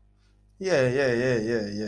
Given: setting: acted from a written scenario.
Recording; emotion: vocal sound without words; interest